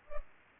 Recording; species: mosquito wingbeat signal from an infrared sensor; Culex pipiens